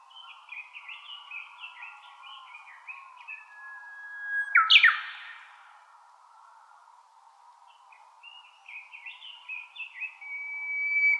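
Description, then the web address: Japanese bush warbler singing: a run of quick warbled, falling notes, then a long level whistle ending in a loud explosive flourish, and the twittering run starts again. Recorded 22 April 2013. "birdenaga uguisu S 130422"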